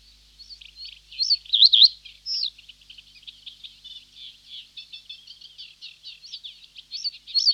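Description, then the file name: Reed bunting with a high, wobbling phrase and a descending slur, then a stream of soft rapid ticks and brief chirps. "Reed Bunting (Emberiza schoeniclus)"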